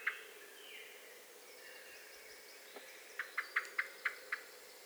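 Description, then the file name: Eurasian blackbird giving a single sharp chink, faint warbling in the background, then a rapid run of six clicking chink notes. "Turdus merula"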